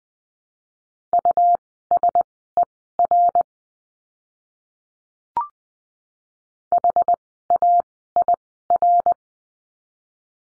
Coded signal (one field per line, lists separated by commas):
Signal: Morse code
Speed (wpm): 20 wpm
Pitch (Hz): 700 Hz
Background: none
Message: USER HAIR